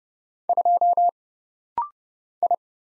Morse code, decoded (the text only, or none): 2 I